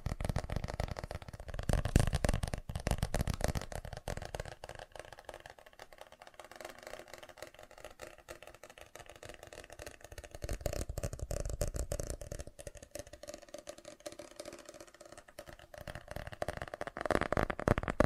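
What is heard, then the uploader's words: Fast tapping runs the full length, a dense, rapid stream of crisp clicks with no real pauses. It is strongest and fullest in the first few seconds, thins and quiets through the middle, then swells again briefly near the end. FAST TAPPING (No Talking).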